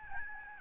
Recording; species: mosquito wingbeat signal from an infrared sensor; Aedes albopictus